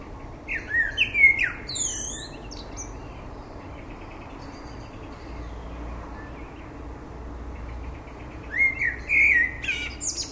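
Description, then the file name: Common blackbird delivering two song phrases several seconds apart, each with fluted whistles and a high, chattering squeaky ending, quiet hiss in between. "Turdus merula"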